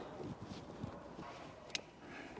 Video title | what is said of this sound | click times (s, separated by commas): etrailer - Comprehensive Review-Curt Trailer Brake Controller Custom Wiring Adapter | And once that's plugged in, you'll hear that little click, and then you can kind of just give it a little tug to make sure that's in there correctly. | 1.8 s